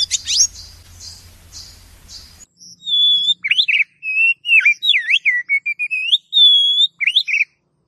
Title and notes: Master Kacer Durasi Panjang. Suara Masteran Burung Kacer Durasi Panjang